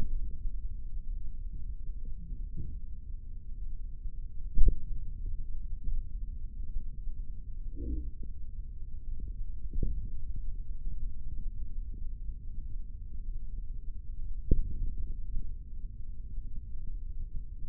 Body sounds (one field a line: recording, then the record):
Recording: forearm muscle sounds (acoustic myography)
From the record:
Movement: index flexion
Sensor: system 3, bracelet of six PUI Audio POM-2738L microphones around the upper forearm, with dedicated amplification and filtering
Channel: 1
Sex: male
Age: 55 years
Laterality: right